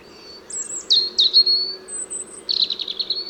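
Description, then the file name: European robin singing: high, thin, sliding whistles and squeaky notes, ending in a quick buzzy trill. A soft low hum runs underneath. "Erithacus rubecula"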